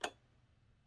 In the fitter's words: and then you can hear that click into the detent in there, so it's held in place for cutting now.